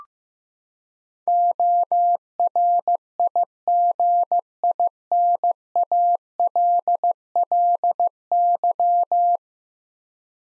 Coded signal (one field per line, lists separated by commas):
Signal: Morse code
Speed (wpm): 15 wpm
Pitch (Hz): 700 Hz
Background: none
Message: ORIGINALLY